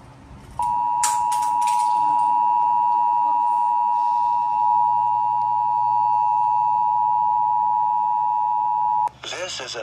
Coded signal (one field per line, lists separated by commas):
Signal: Emergency Alert System (SAME) tones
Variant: 853 and 960 Hz attention tone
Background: speech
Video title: Eas alerts, I have not uploaded eas alerts from 8/3/22-/5/8/24 Eas 733-801